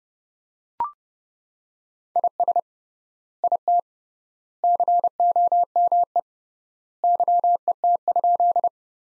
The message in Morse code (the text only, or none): IS IT COME YET?